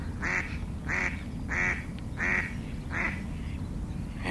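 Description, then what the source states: Mallard quacking, five loud nasal quacks in a steady series about two-thirds of a second apart, over a low background rumble. Wild mallards heard live outdoors, about 20 to 25 metres away, in the morning, February 2019.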